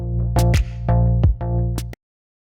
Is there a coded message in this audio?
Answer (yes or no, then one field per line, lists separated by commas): no